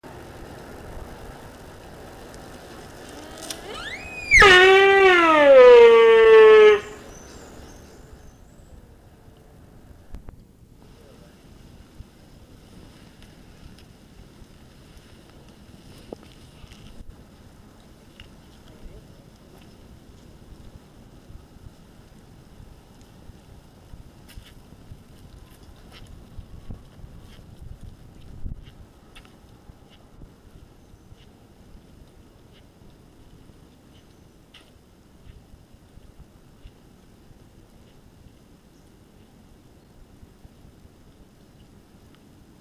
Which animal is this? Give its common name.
Sika Deer